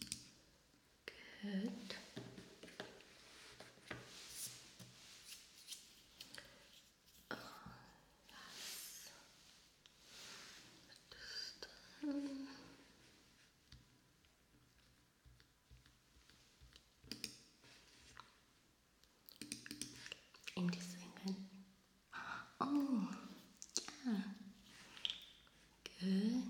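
Keys are typed, with sharp clicks arriving in uneven bursts and short pauses between. A person's voice murmurs quietly through much of it, growing more active toward the end, over a faint steady low hum.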